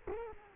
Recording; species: mosquito wingbeat signal from an infrared sensor; Culex quinquefasciatus